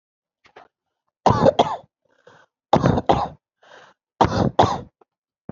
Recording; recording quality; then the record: heavy voluntary cough; moderate, slight background noise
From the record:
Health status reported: healthy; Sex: male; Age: 21 years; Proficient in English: yes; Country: India